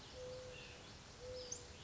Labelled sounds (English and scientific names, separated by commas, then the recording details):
Mourning Dove (Zenaida macroura)
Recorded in Sonoma County, California